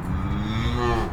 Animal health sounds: contact call of a hoofed animal; cattle; low-frequency (closed-mouth) or high-frequency (open-mouth) call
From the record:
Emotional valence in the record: negative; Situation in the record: full separation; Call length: 1.13 s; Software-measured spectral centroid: 1670 Hz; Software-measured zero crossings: 1090 a second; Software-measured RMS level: -24 dBFS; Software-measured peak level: -10 dBFS

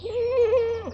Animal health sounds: contact call of a hoofed animal; goat; low-frequency (closed-mouth) or high-frequency (open-mouth) call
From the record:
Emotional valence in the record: negative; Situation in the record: short social isolation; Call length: 0.94 s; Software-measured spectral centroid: 1250 Hz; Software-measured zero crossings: 1100 a second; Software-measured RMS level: -23 dBFS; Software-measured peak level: -13 dBFS

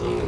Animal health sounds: contact call of a hoofed animal; pig; closed-mouth grunt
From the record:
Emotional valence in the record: positive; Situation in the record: food and toys in familiar pen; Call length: 0.28 s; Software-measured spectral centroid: 2030 Hz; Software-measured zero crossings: 1110 a second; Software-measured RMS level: -24 dBFS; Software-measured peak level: -14 dBFS

